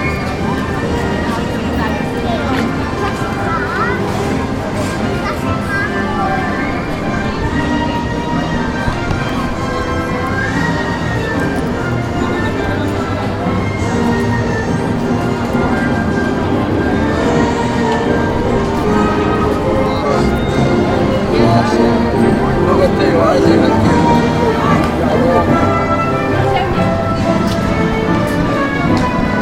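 Theme park crowd sound runs steadily for the whole stretch, a dense wash of overlapping voices and chatter with no pauses. Scattered clatter and footsteps mix in, and the level stays even throughout, swelling slightly near the end.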